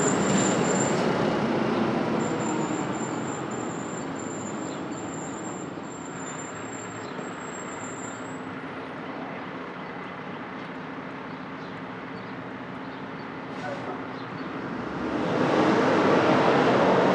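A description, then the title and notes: Street traffic at dawn, a steady wash of passing vehicles with a low rumble underneath. A thin high whine runs through the first eight seconds, and the noise dips slightly in the middle before a louder vehicle swells up around fifteen seconds and holds to the end. Brooklyn Dawn. Street Traffic, Open Air II.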